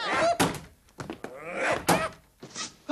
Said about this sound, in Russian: Кунаки бросаются к закрытой двери. Поднимает труса, использует его голову как таран.